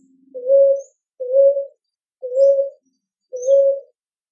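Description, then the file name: Ruddy ground dove uttering four short, soft, low coos spaced about a second apart, level in pitch, with a few faint high bird notes behind. "Rolinha roxa"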